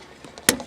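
A replacement rubber/plastic bushing is pushed into the shifter cable end of a Saturn SC1's manual shifter. A few faint taps lead up to one sharp, loud pop at 0.5 s, followed by a couple of quieter small knocks. The bushing pops in and is seated.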